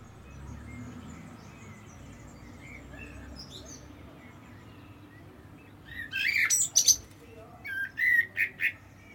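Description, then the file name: Common blackbird phrase arriving late: a burst of high, squeaky twittering, then a few lower warbling notes, after several seconds of faint background noise. "Turdus merula"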